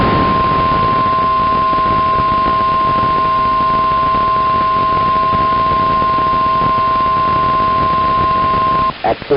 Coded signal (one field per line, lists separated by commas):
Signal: Emergency Alert System (SAME) tones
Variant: 1050 Hz attention tone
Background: speech